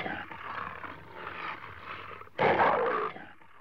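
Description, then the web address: Leopard producing one sustained rough growl that swells abruptly into a louder snarl before fading. Leopards in Africa, recorded close up, growling and breathing. "Africa- The Natural World. Leopards- close up, growling and breathing"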